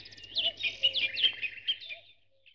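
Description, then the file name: Birds (dawn chorus): brief mix of birds chirping and whistling together, with a soft lower note beneath, fading out at the end. "Spectacular Sound Effects - Birds Dawn Chorus"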